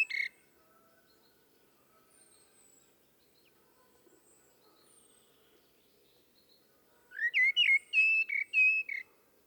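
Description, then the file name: Common blackbird song: a clipped note at the very start, a long quiet stretch, then a brief phrase of several mellow whistled notes near the end. "Turdus merula"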